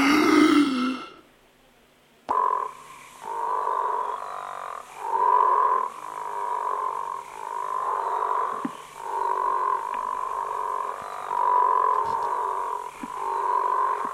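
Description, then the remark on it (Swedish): A brief sound opens, then after a short pause a frog croaks over and over in a steady, rolling rhythm, each low, buzzy call repeating about once a second with no voices. “Nu kommer grodan.”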